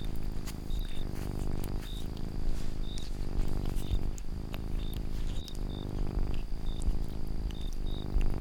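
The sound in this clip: Domestic cat purring, a rough low drone broken into regular breath cycles, with faint high chirps repeating in the background.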